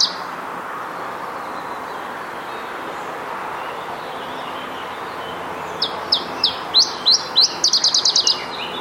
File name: iberischer zilpzalp